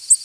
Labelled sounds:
Tennessee Warbler flight call

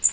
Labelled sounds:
Blackpoll Warbler flight call

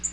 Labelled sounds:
Black-throated Green Warbler flight call

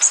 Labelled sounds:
Blackburnian Warbler flight call

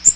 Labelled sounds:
Magnolia Warbler flight call

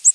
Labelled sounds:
Ovenbird flight call

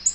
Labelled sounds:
Black-throated Green Warbler flight call

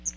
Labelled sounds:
Chestnut-sided Warbler flight call

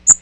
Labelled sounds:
Magnolia Warbler flight call

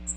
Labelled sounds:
Magnolia Warbler flight call

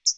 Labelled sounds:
Hooded Warbler flight call

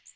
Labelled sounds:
Magnolia Warbler flight call

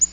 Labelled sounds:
Black-throated Green Warbler flight call

